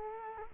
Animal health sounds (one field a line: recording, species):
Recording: mosquito wingbeat signal from an infrared sensor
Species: Culex quinquefasciatus